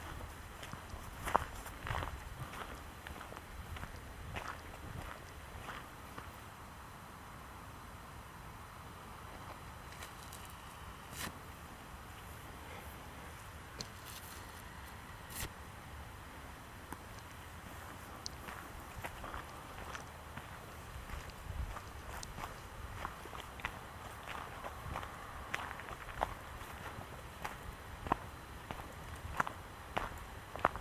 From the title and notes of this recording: Walk in Pennsylvania. A walk in Michaux State Forest.